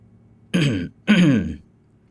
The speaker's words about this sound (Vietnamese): Cổ Lăng ho khan một tiếng, vẻ mặt có phần lúng túng.